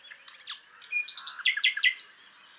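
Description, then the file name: Common nightingale song fragment, a quick jumble of twittering and chirped notes. "Luscinia megarhynchos"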